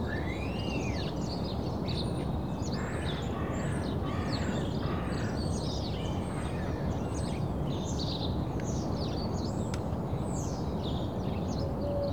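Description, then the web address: Birds singing in a dawn chorus, with overlapping high chirps, trills and an arching whistle near the start, over a steady low rumble. Early morning birds in a suburban setting. "The BBC Sound Effects Library (Suburbia) Early Morning Suburban Birds"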